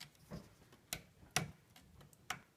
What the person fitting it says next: snapped right in